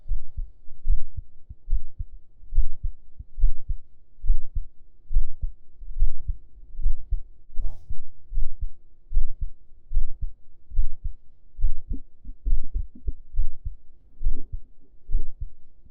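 Steady, muffled low thumps repeat at about 70 beats a minute, heard with an ear laid on an adult's chest under the shirt. The rhythm is fairly regular, with a faint steady hum and light rustling behind it.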